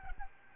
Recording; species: mosquito wingbeat signal from an infrared sensor; Aedes albopictus